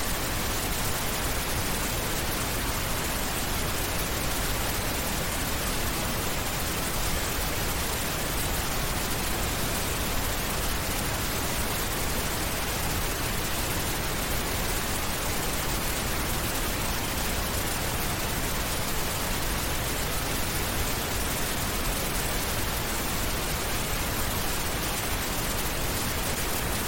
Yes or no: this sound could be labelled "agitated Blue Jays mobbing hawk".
no